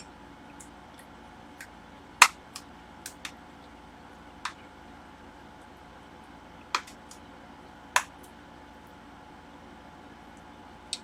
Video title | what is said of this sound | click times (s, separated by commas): Fixing Google Pixel 6 Pro Display: LCD Replacement Walkthrough | It's where it kind of snaps into place, | 2.2 s, 4.5 s, 6.7 s, 8.0 s, 10.9 s